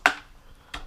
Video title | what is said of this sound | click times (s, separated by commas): How to Fix HP Pavillion Screen Flickering Problem | Okay, route the cable, and then that will lock into place. | 0.1 s